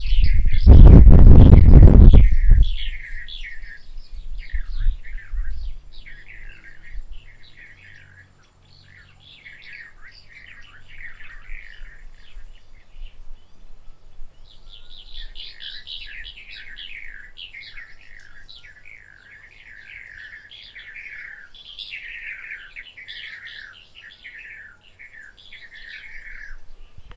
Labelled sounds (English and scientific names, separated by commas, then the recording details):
White Helmetshrike (Prionops plumatus)
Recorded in northern Uganda